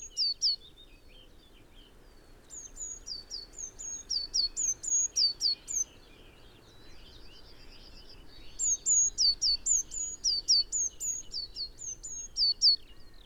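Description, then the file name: Eurasian blue tit trilling high, sharp notes in repeated bursts, with faint twittering between phrases. "Cyanistes caeruleus"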